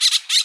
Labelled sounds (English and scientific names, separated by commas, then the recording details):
Brown-throated Parakeet (Eupsittula pertinax) contact call
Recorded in Bonaire
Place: just S of turnoff to Cai, near Lac Bay
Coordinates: 12.126, -68.239